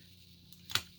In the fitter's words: it clicks into place and then